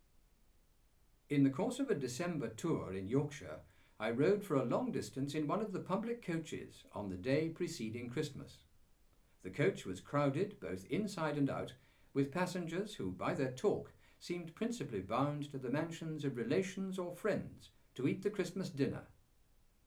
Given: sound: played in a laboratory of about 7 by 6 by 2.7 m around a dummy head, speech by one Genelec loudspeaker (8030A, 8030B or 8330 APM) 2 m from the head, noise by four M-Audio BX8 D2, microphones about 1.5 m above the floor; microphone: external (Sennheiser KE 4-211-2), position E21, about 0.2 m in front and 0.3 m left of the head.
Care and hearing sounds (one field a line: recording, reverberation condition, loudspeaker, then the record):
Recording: male speech in English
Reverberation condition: low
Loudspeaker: 120 degrees to the left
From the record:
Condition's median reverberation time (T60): about 310 ms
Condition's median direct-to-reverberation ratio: about 3.5 dB